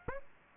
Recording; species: mosquito wingbeat signal from an infrared sensor; Aedes aegypti